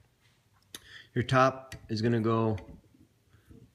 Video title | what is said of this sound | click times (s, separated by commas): 2dogrc 300 Inversion Build Video, Completing the Frame | snaps right in front there | 0.8 s